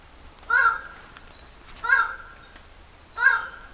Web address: Highland tinamou. صدای-پرنده-وشم-کوهسار